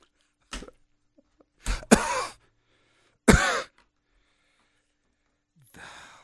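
An adult man gives about four short, abrupt coughs and throat-clearing bursts at irregular intervals over six seconds, with silence between them and a softer, breathy sound at the end. Each cough is dry and brief. This is a plain cough.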